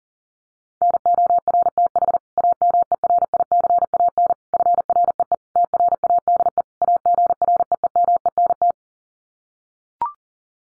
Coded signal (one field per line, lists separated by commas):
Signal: Morse code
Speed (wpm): 37 wpm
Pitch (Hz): 700 Hz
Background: none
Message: NORTH AMERICAN FREE TRADE AGREEMENT